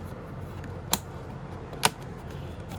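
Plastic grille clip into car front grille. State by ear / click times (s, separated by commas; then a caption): seated / 0.9 s, 1.9 s. A plastic retaining clip for a ZunSport grille set on a 2015+ Subaru WRX is pressed by hand, from the back or front side, into the car's front grille. Over a low steady background, two sharp clicks ring out at 0.9 s and 1.9 s as the clip seats in the grille.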